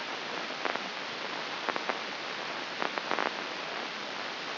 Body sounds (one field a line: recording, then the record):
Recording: brain microelectrode recording played as sound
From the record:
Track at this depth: inside the subthalamic nucleus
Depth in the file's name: 3.824 mm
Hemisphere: left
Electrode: 2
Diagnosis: Parkinson's disease